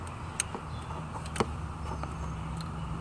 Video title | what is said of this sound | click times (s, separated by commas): How to Replace your Alternator - 2005 Chevy Trailblazer / GMC Envoy | until it clicks and goes over that little notch | 0.4 s, 1.4 s